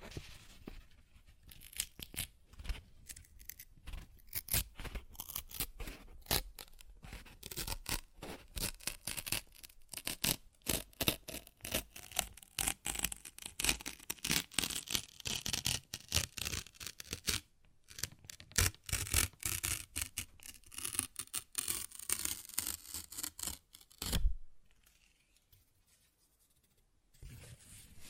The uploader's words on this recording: ASMR Paper Ripping Tearing Sounds (No Talking).